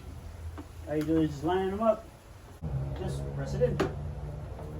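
Someone talks while plastic cowl panel clips are lined up with their holes in the body of an E46 with a 2JZ engine swap and pressed in during engine bay prep. The clip ends just before the part goes home, and nothing has seated or clicked yet.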